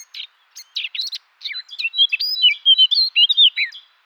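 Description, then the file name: Eurasian blackcap singing: a few scratchy notes lead into a fast, loud run of clear, slurred fluting whistles. "Sylvia atricapilla"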